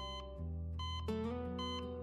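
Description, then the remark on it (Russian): A medical monitor beeps steadily and monotonously, about three evenly spaced electronic tones over a constant low hum, with no voices. “Первым, что я услышал, был писк прибора. Ровный, монотонный, безразличный. Пик, пик, пик.”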